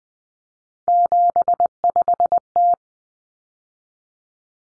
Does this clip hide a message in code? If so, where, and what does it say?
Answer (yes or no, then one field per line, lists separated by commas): yes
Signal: Morse code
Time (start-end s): 0.9-2.7 s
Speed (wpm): 20 wpm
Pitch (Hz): 700 Hz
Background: none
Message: 75T